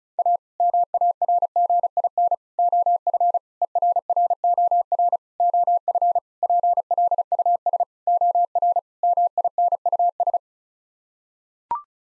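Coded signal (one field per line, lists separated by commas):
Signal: Morse code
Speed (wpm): 34 wpm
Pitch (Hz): 700 Hz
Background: none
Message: A MARGIN OF ERROR OF PLUS OR MINUS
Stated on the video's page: Morse practice sending sets of 8-word groups at 35 wpm for head-copy, each set sent, spoken, then sent again.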